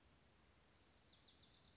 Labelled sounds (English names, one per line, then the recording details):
Wilson's Warbler
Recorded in Sonoma County, California